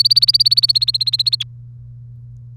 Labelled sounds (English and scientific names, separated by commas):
Domestic Canary (Serinus canaria) song